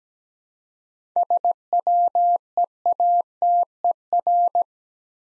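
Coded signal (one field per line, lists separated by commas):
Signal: Morse code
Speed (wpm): 17 wpm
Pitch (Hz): 700 Hz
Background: none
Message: SWEATER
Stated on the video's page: Morse practice of difficult words at 17 wpm with contextual hints, a copying drill.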